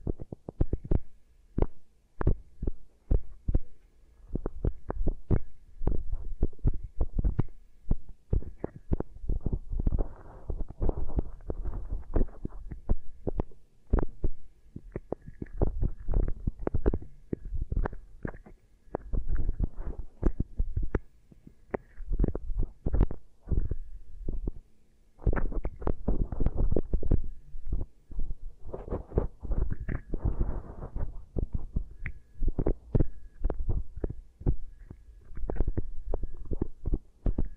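Beeswax is worked over the microphone ears in a dense, irregular stream of soft thumps, crackles and squishes, heavy in the low end with muffled, papery upper detail. The pressing runs nearly nonstop for the whole clip, with a brief lull around twenty-five seconds.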